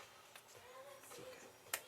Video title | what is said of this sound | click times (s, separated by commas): Oil Change And Ignition Tune Up 1998 Dodge Grand Caravan | wait for the click okay backs are in now we can put | 1.7 s